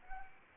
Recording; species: mosquito wingbeat signal from an infrared sensor; Anopheles gambiae